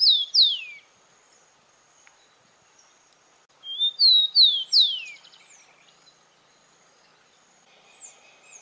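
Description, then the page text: Rufous-collared sparrow singing sweet slurred whistles, the tail of one song at the start and a full phrase midway, several falling notes in quick succession, with faint chirps later. "TICO TICO (Zonotrichia Capensis)"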